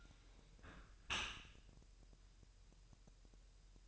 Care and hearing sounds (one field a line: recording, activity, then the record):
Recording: daily activity, microphone in the room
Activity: close dishwasher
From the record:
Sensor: 2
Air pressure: 1000.5 hPa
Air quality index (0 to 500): 246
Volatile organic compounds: 92 ppm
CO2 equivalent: 3698 ppm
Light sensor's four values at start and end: 9/21/9/9 and 9/21/9/9